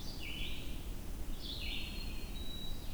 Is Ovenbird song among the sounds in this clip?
no